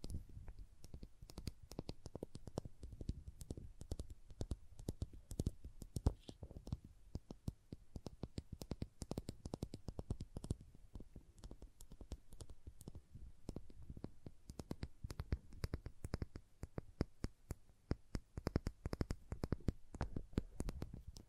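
Crayons tap, scrape and cut in a constant stream of short, sharp clicks and scratches, several each second, with no real pauses. The hits are dry and crisp, some thudding lower, and the busy irregular rhythm holds steady throughout.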